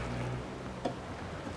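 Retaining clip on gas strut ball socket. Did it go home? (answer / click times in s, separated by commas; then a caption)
yes / 0.9 s. On a 2013 Mitsubishi ASX 1.8, during replacement of the tailgate gas struts, the retaining clip on a gas strut's ball socket is pushed back into place. A single short click at 0.9 s over a low steady hum shows the retainer locking.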